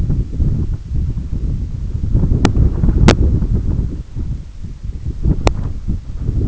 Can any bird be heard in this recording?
no